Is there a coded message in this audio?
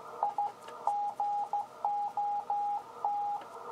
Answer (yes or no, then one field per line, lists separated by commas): yes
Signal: Morse code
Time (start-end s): 0.2-3.4 s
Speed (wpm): 14 wpm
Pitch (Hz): 820 Hz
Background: radio noise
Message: I GOT